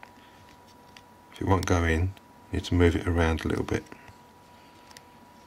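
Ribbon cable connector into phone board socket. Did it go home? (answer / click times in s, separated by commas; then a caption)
yes / 5.0 s. A small ribbon cable plug is lined up, gently wiggled and pushed onto its board socket in a Nokia X7 phone while someone talks. After the speech, faint sharp ticks sound, and the connector snaps into place at 5.0 s, seating it.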